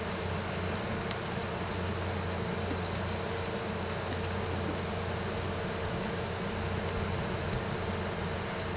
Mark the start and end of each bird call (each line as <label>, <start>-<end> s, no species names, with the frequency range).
bird call (3.3-7.7 kHz), 2.04-5.46 s